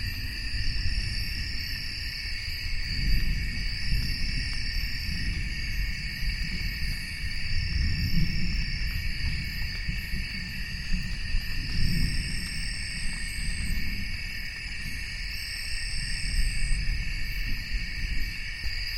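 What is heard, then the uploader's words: Rainforest night: a dense, steady insect chorus rings high and bright while low rumbles of distant thunder swell and fade every few seconds. Congo Basin - Dense Secondary Rainforest - Night - Storm Approaching. At night in the Congo basin rainforest, miles away from camp.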